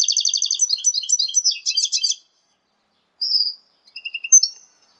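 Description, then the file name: Hybrid red siskin x canary giving a quick high twittering trill phrase, then silence followed by a short whistle and a few soft chirps. "hibrid red siskin x kenari omkicau"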